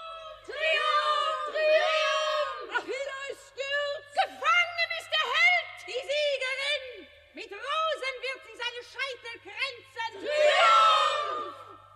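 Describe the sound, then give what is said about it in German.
A crowd raises loud, jubilant cries of triumph, many voices shouting and whooping together in swelling bursts that dip briefly before surging again near the end. “War dieser Jubelruf der Freude nicht? Der Schrei des Siegs, o du Hochheilige, wie noch mein Ohr kein Seliger vernahm.”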